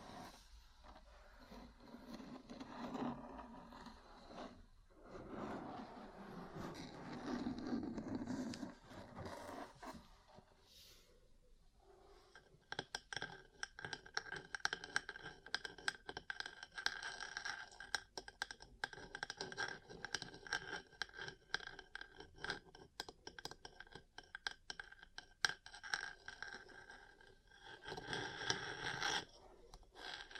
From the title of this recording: Ear Cleaning, Massage, Cupping, Tapping